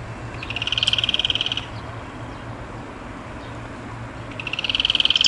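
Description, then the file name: Yellow-chinned spinetail delivering two dry, rapid rattles about four seconds apart, each of evenly spaced notes, over a faint low hum. "canto do curutie"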